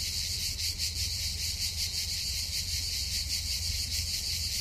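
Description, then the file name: Cicadas giving a loud, sizzling buzz with rapid rhythmic pulsing that never stops, a low hum beneath it. Several cicadas recorded on 19 August 2007. "2007 08 19 Cigales"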